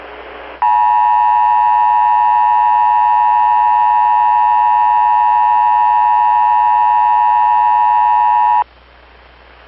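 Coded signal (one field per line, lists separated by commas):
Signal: Emergency Alert System (SAME) tones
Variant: 853 and 960 Hz attention tone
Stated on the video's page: Mock alert about anomalous creatures in California, made on request.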